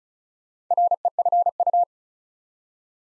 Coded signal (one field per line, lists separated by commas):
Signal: Morse code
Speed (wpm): 36 wpm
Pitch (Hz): 700 Hz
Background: none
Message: REFU